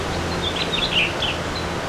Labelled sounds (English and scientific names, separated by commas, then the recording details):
House Finch (Haemorhous mexicanus) song
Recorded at Patchogue on Long Island, New York, on 21 June 2013
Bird B